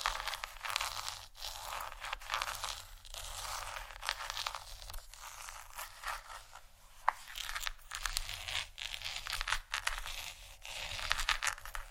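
Gentle scratching runs continuously, a dense, bright, papery scraping and rustling with quick irregular strokes. Brief pauses break it near 1, 5, 8 and 10 seconds, and a sharper tick stands out around 7 seconds over a faint low hum underneath.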